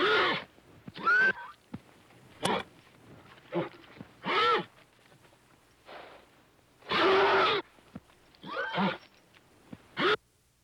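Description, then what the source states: Horse sounds, repeated harsh breathy blasts and brief squealing whinnies, irregular bursts throughout with short silences between. A scared horse.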